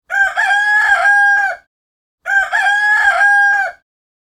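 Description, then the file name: Chicken: a rooster crowing twice, two long harmonic cock-a-doodle-doo crows about two seconds apart. Male (rooster) crowing as an early morning wake-up call. "Sound Ideas - Early Morning Rooster Wake up Call"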